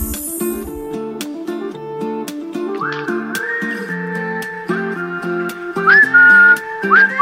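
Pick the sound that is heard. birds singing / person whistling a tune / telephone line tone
person whistling a tune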